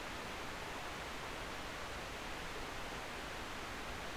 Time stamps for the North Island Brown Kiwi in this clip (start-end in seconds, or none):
none